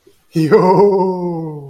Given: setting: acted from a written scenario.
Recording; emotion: vocal sound without words; amusement